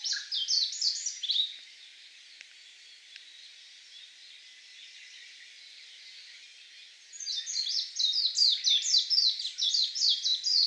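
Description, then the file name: Japanese white-eye giving a rapid, high twittering warble in a short burst, a quiet pause of several seconds, then a longer run of quick chirping notes. Recorded at Miyake on 16 May 2016. "mejiro 160516 miyake kuroda"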